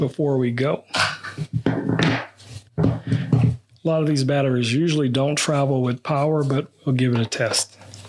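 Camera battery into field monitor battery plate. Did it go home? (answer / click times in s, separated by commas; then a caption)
no / none. Someone talks while handling a rechargeable camera-style battery at the battery plate on the back of an Andycine C7 field video monitor, with a few brief handling knocks between phrases. The battery has not yet clicked or seated into the plate by the end of the clip.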